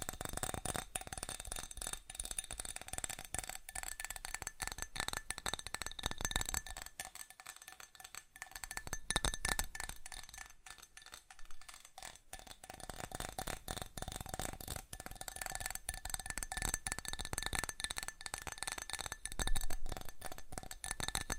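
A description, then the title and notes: Fast, dense tapping with a bright, glassy clink continues throughout, thinning slightly around seconds 7 and 11 before picking back up. ASMR Fast Tapping for The Most Tingles (No Talking).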